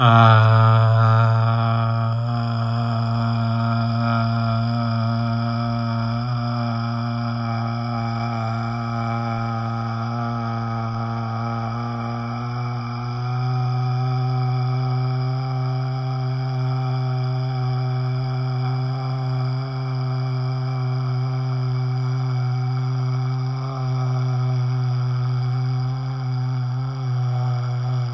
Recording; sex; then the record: sustained vowel /a/; male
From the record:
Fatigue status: no fatigue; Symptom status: symptomatic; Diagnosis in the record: COVID-19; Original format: m4a